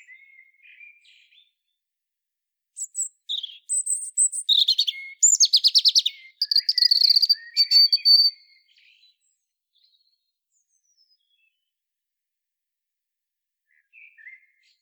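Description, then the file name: European robin song: one high, varied phrase of thin whistles and fast rattling trills lasting several seconds, then quiet with a faint short note at the end. "Erithacus rubecula"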